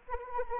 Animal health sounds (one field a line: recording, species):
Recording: mosquito wingbeat signal from an infrared sensor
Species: Anopheles arabiensis